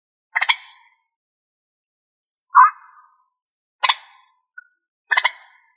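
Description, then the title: Rail giving raspy clucking bursts, some doubled, at irregular gaps of one to two seconds, plus one softer rounded note in a quiet background. "Rallidae"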